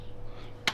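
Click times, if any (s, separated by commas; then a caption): 0.7 s. A fuel pump / fuel injection automotive blade fuse is pushed back into its socket in the fuse box of a Mazda Miata project car. A steady low hum runs underneath until a single sharp, bright click at 0.7 s as the fuse seats in place.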